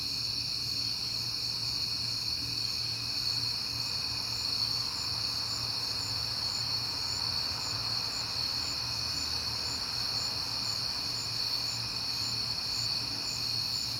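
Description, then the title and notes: Cricket chorus, steady shrill trilling with rhythmic pulsing, over a low hum. At night in September, on a peaceful night; crickets heard often this month. "Night Time: Crickets and Passing Cars. It is September and I have been hearing the crickets a lot"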